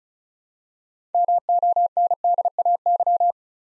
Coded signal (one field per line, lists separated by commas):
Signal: Morse code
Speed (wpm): 36 wpm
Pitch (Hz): 700 Hz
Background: none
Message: MONDAY